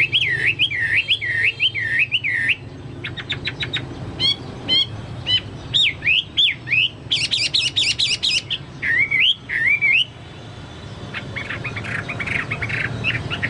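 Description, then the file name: Chinese hwamei singing in bursts: looping whistled phrases, rapid clicking trills and buzzy stacked notes, a short pause, then softer high chatter at the end. "hwamei-2-omkicau"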